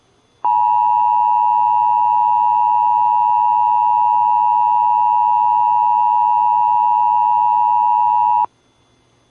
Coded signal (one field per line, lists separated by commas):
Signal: Emergency Alert System (SAME) tones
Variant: 853 and 960 Hz attention tone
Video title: EAS 1709: Local Area Emergency for Lee AL